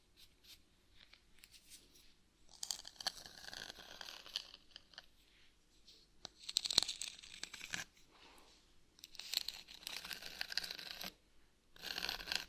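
Scratching comes in bursts of rough, bright rasping, with active stretches around 2.5–5, 6–8, 9–11 and after 12 seconds. Short quiet gaps separate them, and a few sharp clicks and taps stand out, especially near 6.5 and 7.8 seconds.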